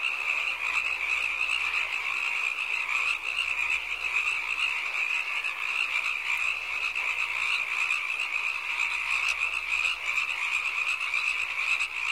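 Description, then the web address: Frog giving an unbroken, shrill, pulsing trill, sustained at an even pitch and loudness for the whole stretch. "animali rane rana frog"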